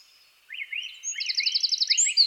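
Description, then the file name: Eurasian wren song: swooping high chirps with a rapid, evenly pulsed trill running through them. "Troglodytes troglodytes"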